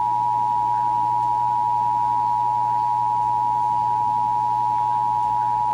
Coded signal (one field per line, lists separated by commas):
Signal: Emergency Alert System (SAME) tones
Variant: 853 and 960 Hz attention tone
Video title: (EAS #713-720) July 2024 Texas Required Monthly Test